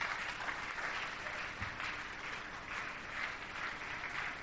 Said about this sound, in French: Amen. Amen. Applaudissez-le. Merci beaucoup.